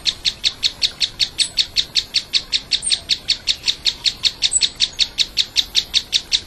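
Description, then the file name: Mouse-colored tapaculo song: a long, steady series of identical sharp, mid-high notes, with faint high chips from other birds above. Song, recorded at Urupema, Brazil, on 21 January 2016. "Scytalopus-speluncae-SONG--- 2016-01-21-Urupema---Jorge-La-Grotteria"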